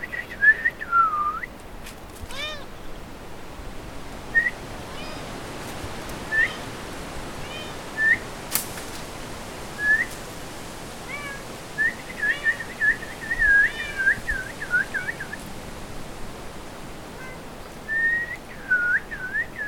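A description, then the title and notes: A small bird repeats short, bright whistled chirps every second or two across the whole stretch. A few longer, wavering mewing calls break in near the start and around the middle, over a steady low background hiss. Small talk (about the weather) with a small bird. I am currently in quarantine on an island in the middle of the Atlantic ocean - Flores, Azores. A small bird. A cat interferes.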